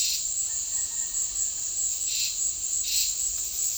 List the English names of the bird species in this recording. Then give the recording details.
none. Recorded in dense forest near Puerto Asís, Putumayo, Colombia, on 20 February 2024 at 14:30. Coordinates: 0.496, -76.326. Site G6383